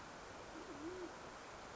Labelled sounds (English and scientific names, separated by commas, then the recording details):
Band-tailed Pigeon (Patagioenas fasciata)
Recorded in Sonoma County, California